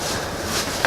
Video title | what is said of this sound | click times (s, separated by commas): 19ft Expandable Orientation | then it goes and it locks into place right there. | 0.8 s